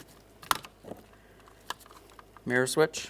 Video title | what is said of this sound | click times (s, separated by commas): How to Replace Power Mirror Switch 2012-2015 Honda Civic | Go ahead and press that in. Listen for a click there. | 0.5 s